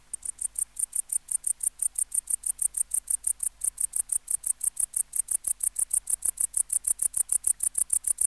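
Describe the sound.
Tettigonia hispanica bush-cricket song, a long even run of brief, shrill, buzzing pulses in rapid succession.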